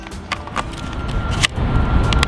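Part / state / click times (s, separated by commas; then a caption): flight battery into drone battery bay / not seated / none. An intelligent flight battery is slid into the battery bay of a DJI Phantom 4 quadcopter body, where it is meant to snap into place so it cannot back out in flight. Short plastic knocks and scraping handling sounds play over a steady high tonal hum, with the sharpest hit near the middle. The battery has not snapped or seated yet.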